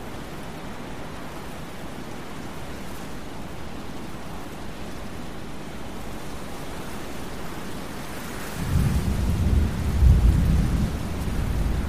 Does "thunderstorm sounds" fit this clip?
yes